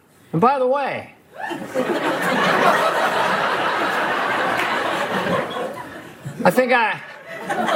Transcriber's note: laughter